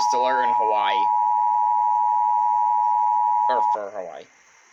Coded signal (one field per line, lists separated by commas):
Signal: Emergency Alert System (SAME) tones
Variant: 853 and 960 Hz attention tone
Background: speech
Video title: EAS 332 HAWAII RMT